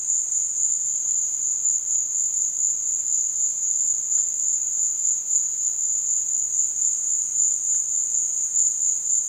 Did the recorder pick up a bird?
no